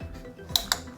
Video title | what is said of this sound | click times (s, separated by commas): 2017 BMW i3 brake vacuum pump replacement | You should hear it click into place. | 0.6 s, 0.7 s